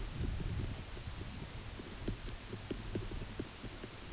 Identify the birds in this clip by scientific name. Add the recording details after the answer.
none. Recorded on Arctic tundra, site UTQI-8, on 14 June 2019. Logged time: 10:00